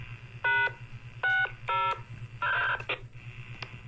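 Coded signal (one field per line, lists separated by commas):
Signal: DTMF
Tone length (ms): 250 ms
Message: #60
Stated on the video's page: DTMF tones controlling a VOX repeater controller that enables, disables and sets roger beeps and ID intervals.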